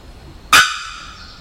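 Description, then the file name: Bearded bellbird uttering one sharp, hammer-like bock whose metallic ring fades slowly afterward. 27 October 2001. "2001-10-27 Bearded Bellbird"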